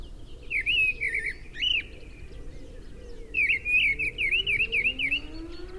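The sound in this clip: Mistle thrush delivering loud whistled phrases, the second a quick rippling run of repeated notes, over a low steady rumble and faint sliding tones.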